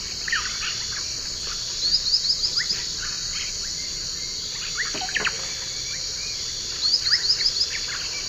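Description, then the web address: White-lored tyrannulet song: two short bursts of about six thin, high rising notes in quick series, set over a constant loud insect drone with scattered lower calls from other birds. Eastern lowlands of South America. "Nature Songs S America Eastern Lowlands - Ornithion inerme, song"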